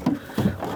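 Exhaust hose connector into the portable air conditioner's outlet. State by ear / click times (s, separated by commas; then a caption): not seated / none. The plastic exhaust hose connector of a Silvercrest portable air conditioner is handled as the hose is bent around and fitted to the unit's outlet, with short scraping and knocking bursts near 0.1 s and 0.4 s. The connector has not clicked into place or seated yet.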